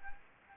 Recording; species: mosquito wingbeat signal from an infrared sensor; Anopheles gambiae